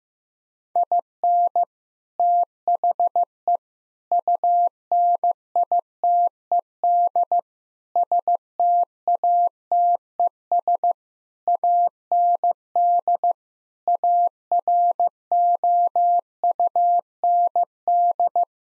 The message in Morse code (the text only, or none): IN THE UNITED STATES AND AROUND